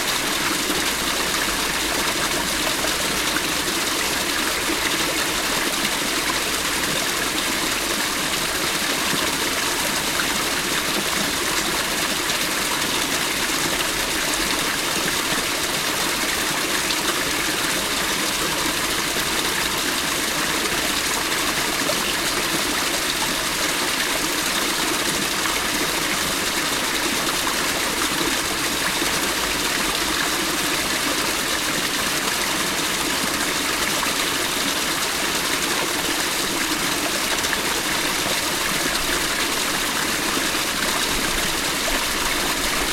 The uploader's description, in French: Chutes d'eau de la cascade du Queureuilh en Auvergne